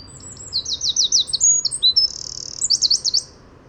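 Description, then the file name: Eurasian wren pouring out fast high trills, a steady buzzy rattle, then a final quick trill. "Troglodytes troglodytes"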